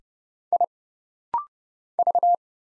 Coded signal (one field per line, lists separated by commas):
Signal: Morse code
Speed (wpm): 30 wpm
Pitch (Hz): 700 Hz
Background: none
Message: I V